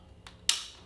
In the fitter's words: Okay. You'll hear a click.